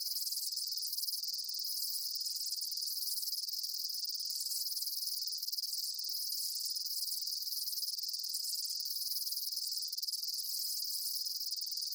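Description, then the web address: Insects: a steady chorus of chirping insects, high and shimmering, unbroken throughout, with faint recurring pulses. Daytime insect ambience, chirping bugs outdoors. "Blastwave INSECTS Amb Day Insects"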